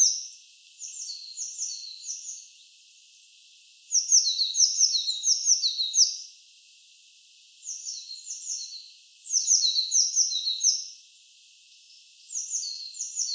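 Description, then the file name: Eurasian blue tit calls: bursts of quick, high chirping notes repeated every few seconds, with quiet gaps between. "Cyanistes caeruleus"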